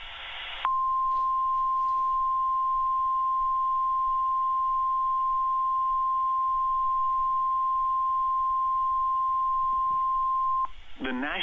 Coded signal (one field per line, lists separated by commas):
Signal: Emergency Alert System (SAME) tones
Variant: 1050 Hz attention tone